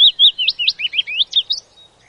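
Willow warbler song: a quick run of sweet, slurred whistled notes that fade at the end, with a faint lower note trailing after.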